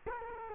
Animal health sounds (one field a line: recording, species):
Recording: mosquito wingbeat signal from an infrared sensor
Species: Culex quinquefasciatus